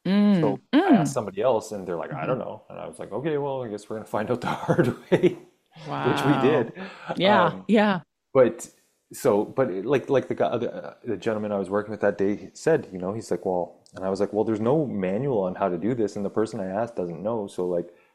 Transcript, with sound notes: So I asked somebody else and they're like, "I don't know." And I was like, "Okay, well, I guess we're gonna find out the hard way." (laughs)
Wow.
Which we did. Um-
Yeah. Yeah.
But, so, but like, like the g- uh, the gentleman I was working with that day said, you know, he's like, "Well..." And I was like, "Well, there's no manual on how to do this and the person I asked doesn't know,